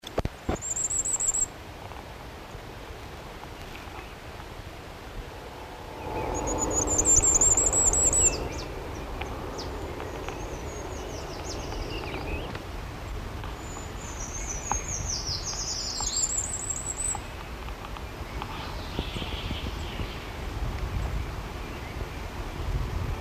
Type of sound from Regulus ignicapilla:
song